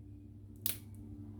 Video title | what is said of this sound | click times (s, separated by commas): A Leaf Razor unboxing and guide to loading the blades! | just not that all the way and you'll hear it click click | 0.7 s